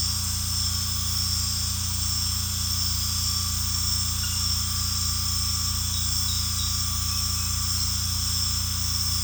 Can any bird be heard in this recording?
no